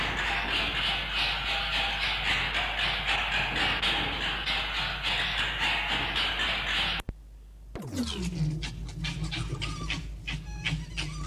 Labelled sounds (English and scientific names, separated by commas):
Red Fox (Vulpes vulpes)